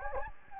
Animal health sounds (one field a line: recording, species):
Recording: mosquito wingbeat signal from an infrared sensor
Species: Anopheles gambiae